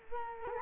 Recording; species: mosquito wingbeat signal from an infrared sensor; Culex quinquefasciatus